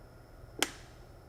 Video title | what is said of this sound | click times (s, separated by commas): Wind Turbine Final | Push this one harder into the port when you hear the click, which means the device is locked. | 0.6 s